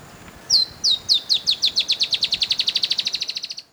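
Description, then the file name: Dusky-tailed antbird delivering a high accelerating run of sharp descending notes, becoming a rapid even trill over about three seconds, with soft ambient noise below. "Dusky-tailed Antbird (Drymophila malura)"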